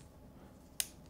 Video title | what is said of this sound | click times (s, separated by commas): SmallRig iPhone 15 Pro (Max) Cage - A MUST HAVE for every Creator?! | just let it lock in then it snaps in place and then you're pretty much good to go | 0.8 s